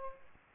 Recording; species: mosquito wingbeat signal from an infrared sensor; Culex pipiens